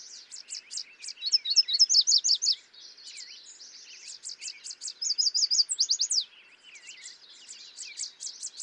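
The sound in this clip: Yellow warbler song, repeated bright high phrases of fast notes, two strong bursts, with constant high twittering from other birds behind.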